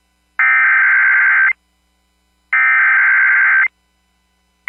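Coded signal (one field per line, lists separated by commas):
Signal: Emergency Alert System (SAME) tones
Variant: header bursts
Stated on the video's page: Real alerts received during a severe weather outbreak.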